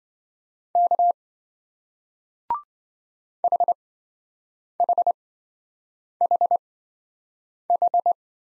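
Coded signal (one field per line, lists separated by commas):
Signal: Morse code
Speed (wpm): 27 wpm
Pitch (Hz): 700 Hz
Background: none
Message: K HHHH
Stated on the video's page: Morse single-letter practice drill in speed-racing format, starting fast and slowing to a 20 wpm base; the final repeat is sent at maximum speed.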